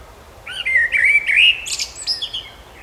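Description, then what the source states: Bird song with clear whistled, warbling phrases sliding around mid-high pitch, joined by brief higher chirps, against a quiet background. Birds singing in a park.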